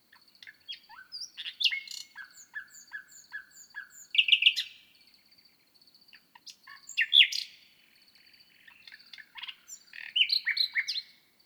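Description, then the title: Common nightingale singing varied phrases separated by pauses: a run of soft repeated notes and loud bursts of sharp chirps. Recorded 6 May 2018, from night into dawn, at 1000 m altitude on the plateau of Lesches-en-Diois, Drôme, France; microphones set at the foot of a bush. "naturophonie. Rossignol 2018"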